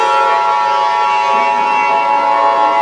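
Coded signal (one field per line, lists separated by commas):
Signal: Emergency Alert System (SAME) tones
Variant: 853 and 960 Hz attention tone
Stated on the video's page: Simulated EAS made with EASyKIT, shown over a film clip with a FreeForm screen bug.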